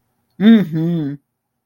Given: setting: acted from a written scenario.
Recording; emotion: vocal sound without words; contentment